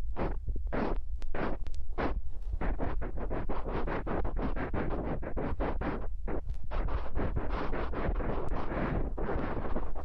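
Massage and ear cleaning sounds: a rapid, steady run of rough rubbing and scratching strokes, several per second, packed tightly for the whole ten seconds. A heavy low rumble sits underneath throughout, and a few sharper clicks stand out near the start.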